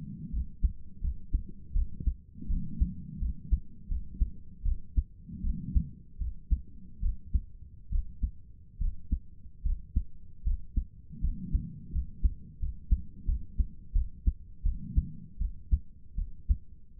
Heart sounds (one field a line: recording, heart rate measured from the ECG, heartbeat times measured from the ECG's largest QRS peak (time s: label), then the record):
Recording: heart sounds by stethoscope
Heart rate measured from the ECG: 79 bpm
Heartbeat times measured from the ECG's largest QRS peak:
0.31 s: heartbeat
1.01 s: heartbeat
1.74 s: heartbeat
2.48 s: heartbeat
3.20 s: heartbeat
3.89 s: heartbeat
4.64 s: heartbeat
5.42 s: heartbeat
6.19 s: heartbeat
7.01 s: heartbeat
7.91 s: heartbeat
8.79 s: heartbeat
9.64 s: heartbeat
10.45 s: heartbeat
11.22 s: heartbeat
11.92 s: heartbeat
12.60 s: heartbeat
13.26 s: heartbeat
13.93 s: heartbeat
14.64 s: heartbeat
15.39 s: heartbeat
16.16 s: heartbeat
16.98 s: heartbeat
From the record:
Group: healthy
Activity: cold pressor test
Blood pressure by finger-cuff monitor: 76/52 mmHg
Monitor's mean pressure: 62 mmHg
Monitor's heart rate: 83 bpm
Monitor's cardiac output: 6.5 L/min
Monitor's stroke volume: 79 mL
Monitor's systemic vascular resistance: 640 dyn s/cm5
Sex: female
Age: 22 years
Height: 163 cm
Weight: 67.1 kg